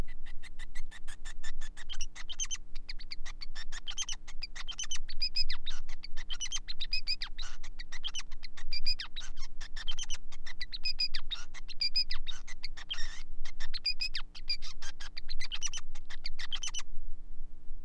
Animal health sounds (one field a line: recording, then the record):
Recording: song of a male Bengalese finch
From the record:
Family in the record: son of father 5